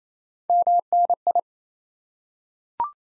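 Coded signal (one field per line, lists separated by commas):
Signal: Morse code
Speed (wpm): 28 wpm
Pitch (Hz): 700 Hz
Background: none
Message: MNI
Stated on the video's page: Morse QSO-element head-copy drill at 28 wpm, each element sent in Morse, then spoken, then sent again.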